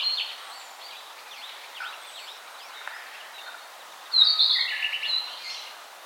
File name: Ficedula narcissina